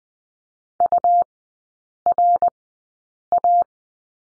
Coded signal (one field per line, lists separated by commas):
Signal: Morse code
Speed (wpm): 20 wpm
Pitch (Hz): 700 Hz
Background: none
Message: URA